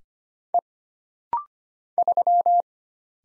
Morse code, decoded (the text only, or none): E 3